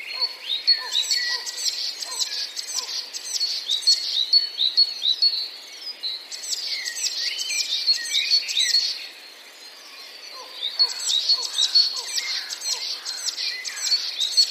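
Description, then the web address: Eurasian blue tit singing three trilled phrases of rapid high notes separated by short pauses. "wroblowe teka spiew. wroblowe teka modraszkoteka"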